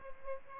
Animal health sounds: mosquito wingbeat signal from an infrared sensor; Aedes albopictus

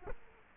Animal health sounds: mosquito wingbeat signal from an infrared sensor; Culex quinquefasciatus

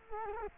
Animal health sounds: mosquito wingbeat signal from an infrared sensor; Culex quinquefasciatus

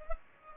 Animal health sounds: mosquito wingbeat signal from an infrared sensor; Culex pipiens

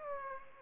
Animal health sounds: mosquito wingbeat signal from an infrared sensor; Aedes aegypti

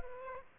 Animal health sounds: mosquito wingbeat signal from an infrared sensor; Aedes aegypti

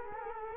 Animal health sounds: mosquito wingbeat signal from an infrared sensor; Culex quinquefasciatus

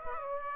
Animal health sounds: mosquito wingbeat signal from an infrared sensor; Aedes aegypti

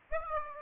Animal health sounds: mosquito wingbeat signal from an infrared sensor; Aedes aegypti

